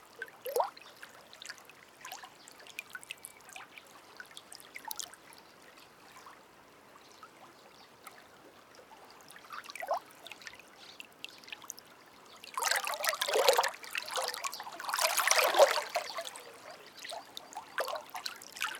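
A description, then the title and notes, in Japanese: Flowing water strikes concrete breakwater blocks, sounding as scattered trickles, drips and small splashes for the first twelve seconds. Around 12.5 seconds a louder, bright surge of splashing rushes in and lasts to about 16 seconds before easing back to lighter dribbling. 流れる水がテトラポッドに当たり奏でる音。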